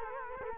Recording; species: mosquito wingbeat signal from an infrared sensor; Culex quinquefasciatus